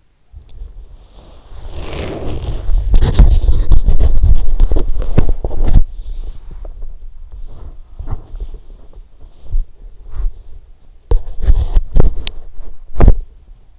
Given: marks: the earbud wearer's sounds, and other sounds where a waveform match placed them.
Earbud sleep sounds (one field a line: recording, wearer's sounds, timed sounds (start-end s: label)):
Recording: sounds in sleep by an in-ear microphone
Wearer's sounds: body movement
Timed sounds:
0.00-13.79 s: body movement